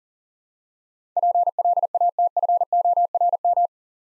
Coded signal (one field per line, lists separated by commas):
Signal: Morse code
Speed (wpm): 40 wpm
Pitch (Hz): 700 Hz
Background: none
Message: PLATFORM